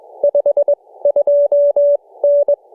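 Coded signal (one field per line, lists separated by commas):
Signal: Morse code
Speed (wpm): 22 wpm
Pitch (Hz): 560 Hz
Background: none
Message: 52N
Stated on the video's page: Morse from a Summits On The Air activation on Burnt Mountain.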